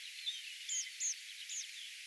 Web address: 1 6 2025 tuolla tavoin laulava punakylkirastas